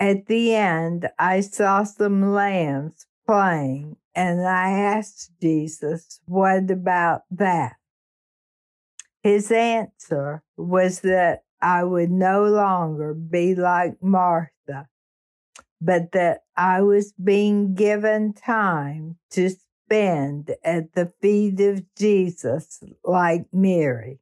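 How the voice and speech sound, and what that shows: Slow, monotone, strongly nasal speech from an adult woman reading aloud, with stretched sounds and long pauses: dysarthria from ALS, diagnosed in May 2019, with her singing and talking abilities now being lost.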